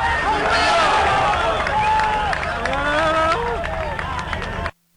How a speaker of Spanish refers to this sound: Marichihueo, gritaban ayer los asistentes al acto que, bueno, costó que se realizara.